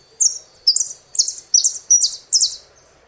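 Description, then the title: Saffron finch song: six bright, buzzy, high chirps spaced roughly half a second apart, over a quiet background. "Jilguero Argentino"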